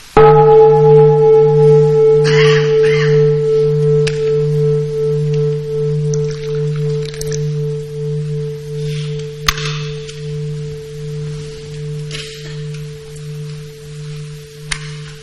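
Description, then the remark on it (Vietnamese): A meditation bell is struck once, and its deep, steady hum with a slow wavering pulse fades gradually over about fifteen seconds, with no talking. “Đầu tiên chuông thì thở ra, thầy uống một chút trà.”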